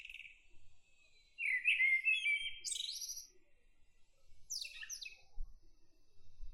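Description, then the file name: Common blackbird song: one low, fluty warbled phrase with a high squeaky flourish, then a burst of thin, high twittering notes. "Turdus merula"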